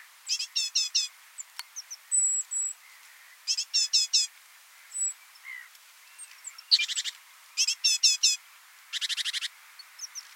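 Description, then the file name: Great tit calls: short bursts of rapid, sharp chattering notes, repeated every few seconds, with thin high whistles between bursts. "Parus major"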